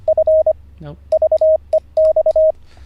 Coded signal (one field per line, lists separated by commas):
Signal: Morse code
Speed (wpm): 24 wpm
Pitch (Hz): 630 Hz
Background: radio noise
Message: F VEX